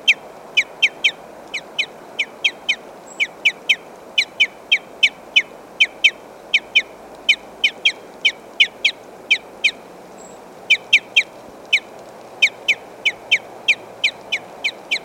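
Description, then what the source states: Crossbill excitement calls: sharp, clipped notes, often in quick pairs, repeated steadily throughout with a brief pause about two-thirds of the way through, over a constant low background hiss. Type N 20 excitement calls; species uncertain, given as either Scottish crossbill or parrot crossbill.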